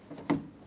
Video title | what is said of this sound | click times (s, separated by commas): How to Replace Rear Power Window Motor & Regulator Assemblies 2004-2008 Pontiac Grand Prix | Audible click from that. Double check, make sure it's secured in place. | 0.3 s